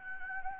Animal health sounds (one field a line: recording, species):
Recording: mosquito wingbeat signal from an infrared sensor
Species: Anopheles gambiae